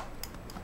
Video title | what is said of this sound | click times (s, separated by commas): ALPHA TECH WiFi Clock Camera - Advanced Setup | and you'll hear it click right into place | 0.2 s